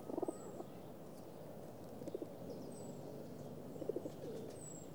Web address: BBC Sound Effects Library. Atmospheres - Pigeons - feeding with distant traffic